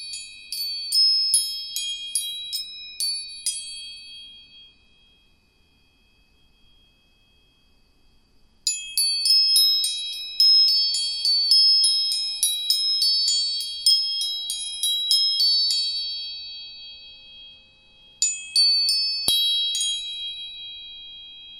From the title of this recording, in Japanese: 音叉チューニング